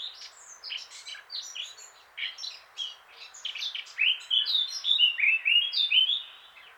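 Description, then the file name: Eurasian blackcap song: a long, scratchy twittering warble that swells into loud, rich fluty phrases near the end. "Sylvia atricapilla"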